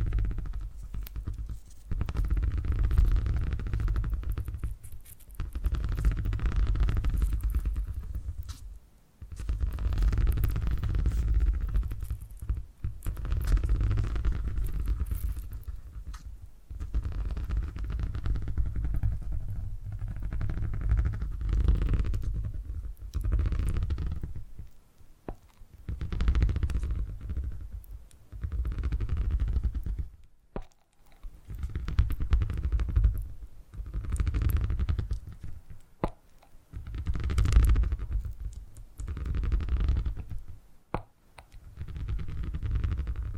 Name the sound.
Brain Tingly Purring Triggers